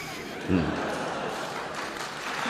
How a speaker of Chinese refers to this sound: 谢谢谢谢朋友们的掌声啊，这个感觉得出来，今天来的观众都是相声观众， 对， 都爱听相声， 这说明有大伙儿的支持，我们还有饭。